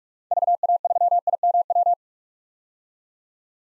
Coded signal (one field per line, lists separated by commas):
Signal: Morse code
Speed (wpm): 46 wpm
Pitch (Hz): 700 Hz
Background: none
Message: VA3IMW